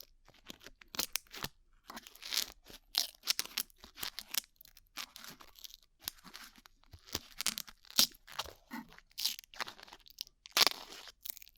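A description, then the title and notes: Glue peeling off ears: sticky, crackling tears and crunches in uneven bursts, with brief pauses and a sharper snap near eight and ten seconds. ASMR Peeling Glue Off Your Ears (No Talking).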